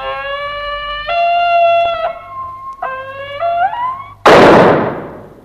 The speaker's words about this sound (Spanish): ¡No cierren la puerta! ¡Espérenme! Pero... con un lúgubre sonido la puerta comienza a cerrarse.